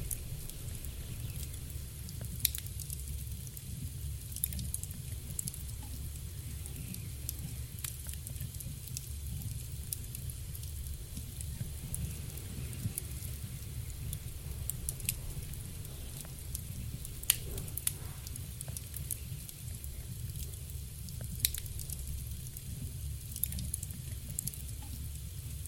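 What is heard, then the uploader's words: A fireplace crackles softly over a steady, deep wind rumble that never lets up. Sharp pops and snaps break through every few seconds, with a cluster near the middle, while a faint, constant hiss sits high above everything. Cozy Fireplace and Snuggly Wind. Sitting by a warm, crackling fireplace, wrapped in a soft blanket, while the wind outside tells stories as it gently whooshes.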